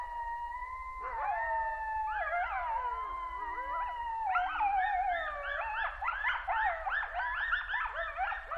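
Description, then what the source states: Coyotes howling: a long wavering howl slides and bends, then breaks into a dense chorus of overlapping yips and quavering yelps from several animals. Coyotes recorded on 23 August 2012 at 02:41, at night.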